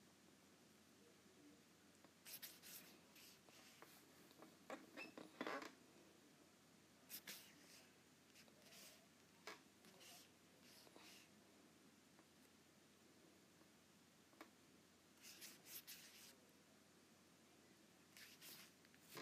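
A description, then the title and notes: An Apple Pencil taps and scratches across an iPad screen in short irregular bursts, with quiet pauses and a low steady hum underneath. ASMR Apple Pencil on iPad.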